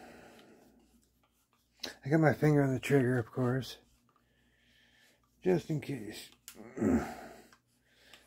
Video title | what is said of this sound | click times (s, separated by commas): Pistelle X68 150 Joule SSD Power Cap Installation | there. Heard that little click there. The bolt wants to shoot out. | 8.1 s